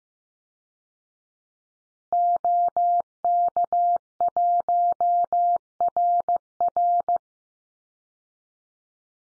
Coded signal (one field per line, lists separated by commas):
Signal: Morse code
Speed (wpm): 15 wpm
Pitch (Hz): 700 Hz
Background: none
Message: OK1RR